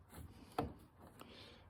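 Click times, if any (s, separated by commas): 0.6 s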